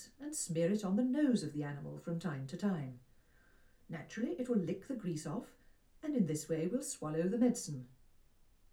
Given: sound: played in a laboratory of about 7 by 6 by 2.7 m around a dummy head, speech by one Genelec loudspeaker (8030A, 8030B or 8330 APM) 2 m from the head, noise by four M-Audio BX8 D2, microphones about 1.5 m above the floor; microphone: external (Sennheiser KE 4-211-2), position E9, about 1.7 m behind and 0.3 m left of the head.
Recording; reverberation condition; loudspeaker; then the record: female speech in English; low; 90 degrees to the right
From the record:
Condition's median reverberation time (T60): about 310 ms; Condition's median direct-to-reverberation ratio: about 3.5 dB